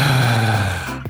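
A low, steady, voiced groan lasts about one second on a single exhaled breath, then fades abruptly. It is an adult man's imitation of a noise he makes in sleep, besides snoring: he holds his breath, then lets all the air out, resembling catathrenia-like expiratory groaning.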